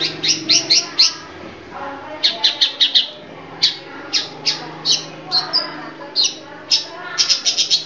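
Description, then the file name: Long-tailed Shrike calls: harsh, scratchy chattering notes in quick bursts of about five and as single notes, repeated irregularly throughout over a faint low hum. Female bird. "suara cendet betina omkicau"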